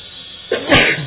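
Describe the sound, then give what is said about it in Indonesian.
A single loud sneeze bursts out of quiet during an Islamic religious study lecture, with a short sharp intake followed by a forceful, breathy explosion that trails off quickly. “Alhamdulillah.”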